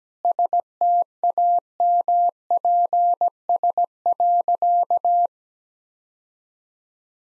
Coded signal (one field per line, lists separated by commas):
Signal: Morse code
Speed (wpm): 17 wpm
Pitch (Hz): 700 Hz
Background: none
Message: STAMPS.